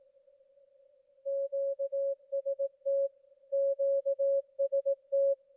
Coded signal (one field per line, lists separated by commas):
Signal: Morse code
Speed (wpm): 18 wpm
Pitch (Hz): 550 Hz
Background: none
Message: QST QST